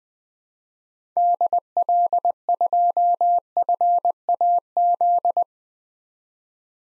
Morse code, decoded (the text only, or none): DL2FAZ